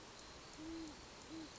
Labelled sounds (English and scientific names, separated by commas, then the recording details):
Great Horned Owl (Bubo virginianus)
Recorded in Sonoma County, California